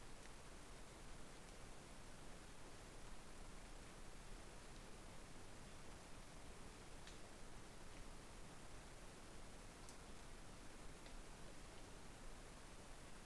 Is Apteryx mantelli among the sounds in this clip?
no